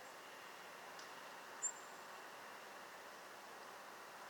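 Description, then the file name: European robin giving a single sharp, very high, thin call note against steady background hiss. "Erithacus rubecula"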